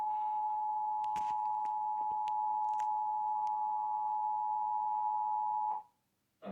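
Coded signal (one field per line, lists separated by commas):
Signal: Emergency Alert System (SAME) tones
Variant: 853 and 960 Hz attention tone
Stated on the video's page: Required Monthly EAS Test recorded on TV via a streaming TV service.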